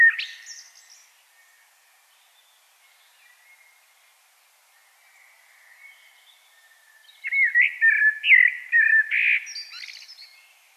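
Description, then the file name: Common blackbird song: a brief high fragment at the start, then quiet, then a rich mellow warbled phrase with a squeaky ending after about seven seconds. "Turdus merula"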